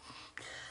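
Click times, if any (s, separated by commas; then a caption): 0.4 s. A finished wooden diamond-painting Christmas ornament is pushed into the slot of its wooden stand. A single short, sharp click sounds at 0.4 s over a soft background hiss, and the ornament is seated firmly in its base.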